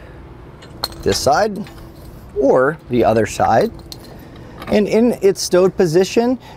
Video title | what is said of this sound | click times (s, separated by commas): etrailer - Roadmaster Nighthawk All Terrain Tow Bar Installation - 2009 Winnebago Journey Motorhome | and then there's this large bolt head with a spring-loaded bracket here that you can see it should just pop into place lock and then you can choose to store it | 0.8 s